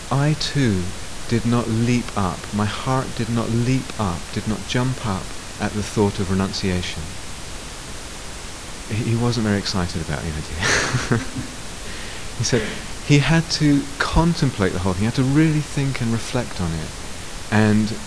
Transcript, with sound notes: too did not leap up, my heart did not leap up, did not jump up at the thought of renunciation." He wasn't very excited about the idea. [laughter] He said he had to contemplate the whole idea. He had to really think and reflect on it.